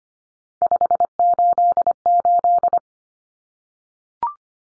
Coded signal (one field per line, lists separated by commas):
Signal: Morse code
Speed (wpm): 25 wpm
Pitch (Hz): 700 Hz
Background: none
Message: 588